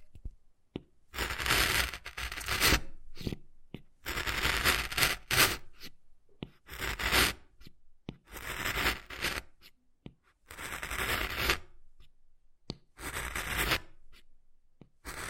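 Wood carving with repeated bursts of rough, bright scraping and scratching, each lasting about a second, separated by short quiet gaps and sharp taps.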